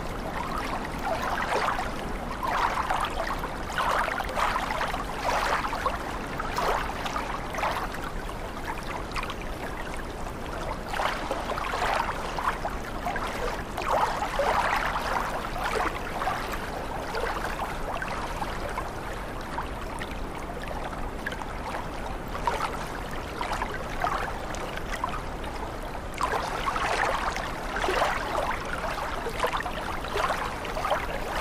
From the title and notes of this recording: Water Sounds.